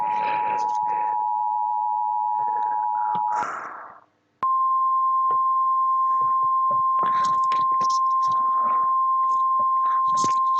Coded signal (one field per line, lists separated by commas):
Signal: Emergency Alert System (SAME) tones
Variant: 853 and 960 Hz attention tone